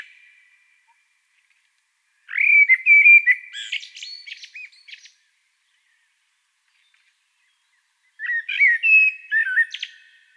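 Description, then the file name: Common blackbird song: two warbled phrases of mellow whistles mixed with higher squeaky notes, separated by about three seconds of silence. "Turdus merula"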